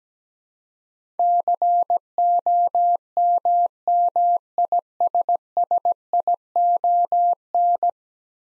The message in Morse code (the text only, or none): COMMISSION